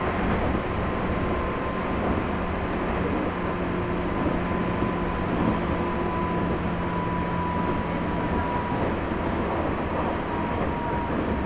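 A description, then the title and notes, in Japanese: A local train on the Chuo East Line runs steadily, its dense rumble and rattle holding an even loudness throughout. Thin, steady whining tones ride above the roar, one higher and a couple lower, fading in and out, with faint clicks now and then. 中央東線 普通 韮崎→東山梨。韮崎を出てもまだ下り続けて甲府盆地に入ります。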